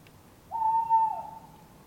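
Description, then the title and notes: Tawny owl hoot, a single steady tone held for about half a second, then a short dip as it fades out, over a quiet background. Two tawny owls calling in an urban setting in Surrey, England; recorded from a bedroom window with a Sony D100. "Urban Tawny Owls. Couple of Tawny Owls calling, Surrey, England"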